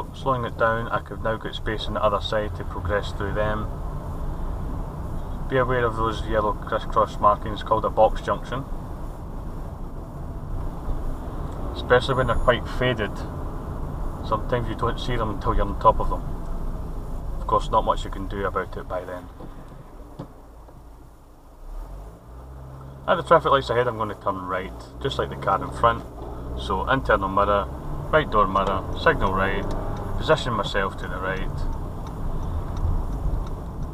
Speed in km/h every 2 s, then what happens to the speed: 13, 18, 23, 21, 23, 23, 26, 24, 16, 5, 0, 0, 0, 6, 13, 19, 19.
0-4 speeds up to 23. 4-13 steady at about 23. 13-19 brakes to 0. 19-25 standing. 25-29 pulls away to 19.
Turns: none.